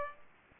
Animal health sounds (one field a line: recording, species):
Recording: mosquito wingbeat signal from an infrared sensor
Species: Aedes aegypti